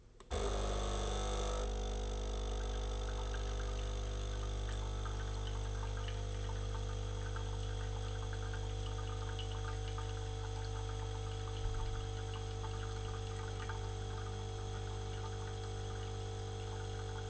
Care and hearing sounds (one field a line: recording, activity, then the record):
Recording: daily activity, microphone in the room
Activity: make coffee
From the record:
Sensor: 4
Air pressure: 992.6 hPa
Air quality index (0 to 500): 142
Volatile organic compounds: 77 ppm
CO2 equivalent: 3584 ppm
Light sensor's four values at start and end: 16/57/21/21 and 18/62/22/23